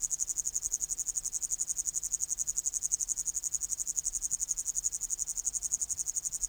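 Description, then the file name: Upland green bush-cricket produces a constant shrill buzz made of rapid regular pulses, unbroken through the whole stretch. "Tettigonia cantans"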